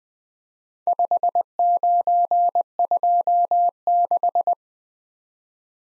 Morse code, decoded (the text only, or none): 5926